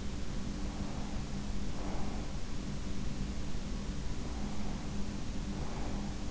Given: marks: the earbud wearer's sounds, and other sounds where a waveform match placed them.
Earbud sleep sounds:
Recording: sounds in sleep by an in-ear microphone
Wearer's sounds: breath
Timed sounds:
0.79-2.44 s: breath
4.04-6.10 s: breath

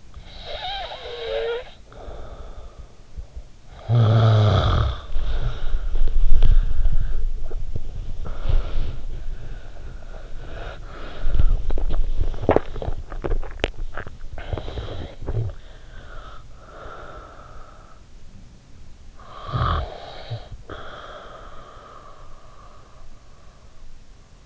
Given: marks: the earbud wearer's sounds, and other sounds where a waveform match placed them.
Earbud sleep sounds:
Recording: sounds in sleep by an in-ear microphone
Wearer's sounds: snoring breath, body movement, swallowing, breath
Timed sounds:
0.00-3.03 s: snoring breath
3.23-5.17 s: snoring breath
5.17-13.72 s: body movement
11.63-15.57 s: swallowing
15.58-18.72 s: breath
19.12-23.04 s: snoring breath

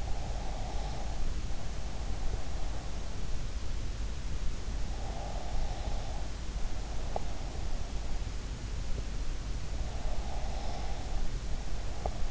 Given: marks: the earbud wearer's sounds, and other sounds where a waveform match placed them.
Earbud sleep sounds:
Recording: sounds in sleep by an in-ear microphone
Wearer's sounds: breath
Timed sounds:
0.00-1.23 s: breath
5.08-7.34 s: breath
10.00-12.31 s: breath

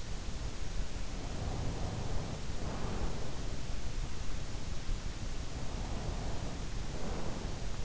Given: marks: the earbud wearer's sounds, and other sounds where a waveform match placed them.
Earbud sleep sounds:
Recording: sounds in sleep by an in-ear microphone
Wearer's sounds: breath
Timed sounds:
1.59-3.97 s: breath
5.51-7.85 s: breath

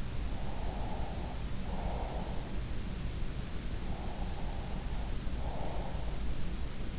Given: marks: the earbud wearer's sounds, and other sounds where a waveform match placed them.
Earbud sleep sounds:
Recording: sounds in sleep by an in-ear microphone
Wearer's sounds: breath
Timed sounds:
0.32-2.58 s: breath
3.91-6.15 s: breath

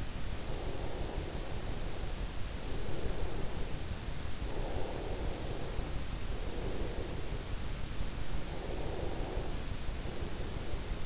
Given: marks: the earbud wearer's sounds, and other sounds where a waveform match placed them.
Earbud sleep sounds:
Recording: sounds in sleep by an in-ear microphone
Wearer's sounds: breath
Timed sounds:
0.00-11.06 s: breath

